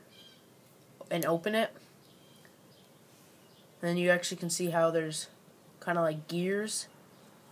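Someone talks while handling a Buck Flashpoint folding pocket knife, opening its blade toward the locking mechanism in the handle. Only faint handling sounds are heard between the bursts of speech, and nothing has seated or clicked yet by the end of the clip.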